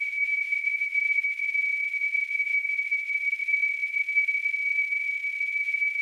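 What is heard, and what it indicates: A steady high-pitched tone near 2.3 kHz holds without a break for six seconds, with a faint hiss above it. It is simulated tonal tinnitus, imitating the constant ringing some people hear in their ears.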